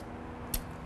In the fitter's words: You got to slide them in, and you just kind of click them into place, and you'll hear it snap.